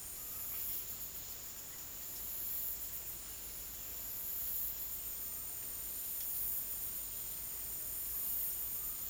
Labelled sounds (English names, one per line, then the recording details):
none
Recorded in dense forest near Puerto Asís, Putumayo, Colombia, on 19 March 2025 at 15:30
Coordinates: 0.503, -76.323
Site GP09